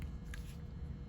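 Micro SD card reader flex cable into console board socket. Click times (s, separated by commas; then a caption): 0.0 s, 0.3 s. The micro SD card reader's flex ribbon connector is pushed blind onto its board socket inside a Nintendo Switch console, since the socket can't be seen. Two short clicks come at 0.0 s and 0.3 s over a low background hum, and the connector seats.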